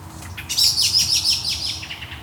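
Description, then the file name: Common blackbird: a quick run of several high, sharp notes, each falling in pitch, in under two seconds. "Turdus merula"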